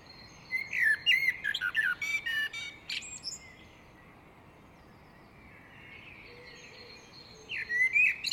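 Great tit chatter of mixed chirps and clicking bursts, then a long soft lull, ending with renewed sharp chirping.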